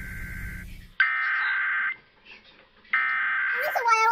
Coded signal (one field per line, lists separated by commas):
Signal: Emergency Alert System (SAME) tones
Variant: header bursts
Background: speech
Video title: Required Weekly Test [EAS #373]